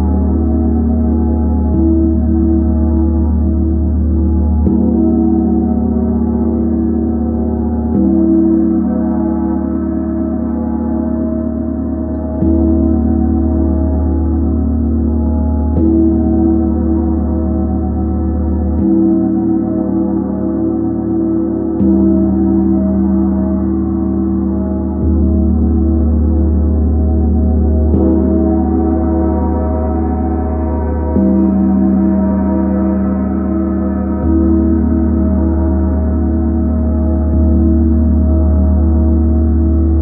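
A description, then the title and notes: A large gong resonates continuously, its deep, humming tone swelling and shifting every few seconds as new strokes blend into the ringing. The sound stays dense and low, with a shimmering upper layer that brightens briefly around the thirty-second mark. The sound of the Chiron Gong.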